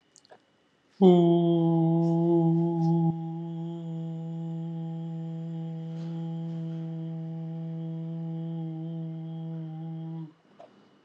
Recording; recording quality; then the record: sustained vowel as in boot; excellent, no background noise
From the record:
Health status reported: healthy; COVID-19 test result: not tested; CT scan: not taken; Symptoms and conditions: breathing difficulty, fatigue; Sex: male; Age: 21 years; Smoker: yes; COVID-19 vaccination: both doses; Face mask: not worn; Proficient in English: yes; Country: India